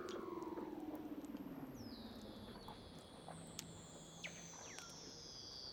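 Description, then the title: Weddell seal calls underwater: a low gliding tone fading downward, then high whistles slowly descending, with occasional sharp falling chirps and a faint steady hum. "Douglas Quin - Weddell Seals (Underwater)"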